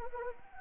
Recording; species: mosquito wingbeat signal from an infrared sensor; Anopheles arabiensis